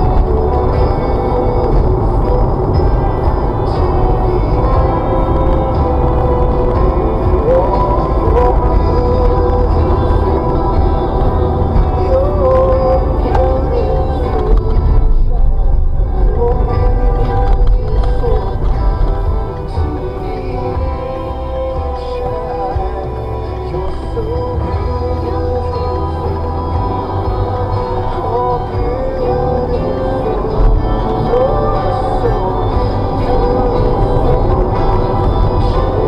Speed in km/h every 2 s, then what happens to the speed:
77, 76, 77, 76, 66, 61, 53, 42, 32, 23, 11, 0, 11, 21, 32, 48, 60, 66.
0-6 steady at about 76. 6-22 brakes to 0. 23-33 pulls away to 66.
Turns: 16-21.